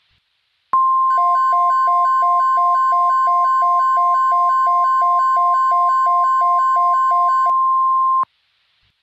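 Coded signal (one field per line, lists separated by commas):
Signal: Emergency Alert System (SAME) tones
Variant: 1050 Hz attention tone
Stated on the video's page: Fictional scenario: simulated severe-weather alerts for the Midwest, not real.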